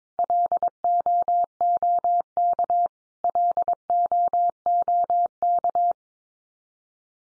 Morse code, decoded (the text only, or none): LOOK LOOK